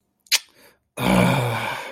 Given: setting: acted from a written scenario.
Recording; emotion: vocal sound without words; anger